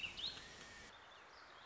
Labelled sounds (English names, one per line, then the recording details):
Warbling Vireo
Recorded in Sonoma County, California